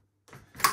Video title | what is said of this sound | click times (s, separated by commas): Uppababy Minu V2: Unboxing and Assembly | slot them into the click | 0.6 s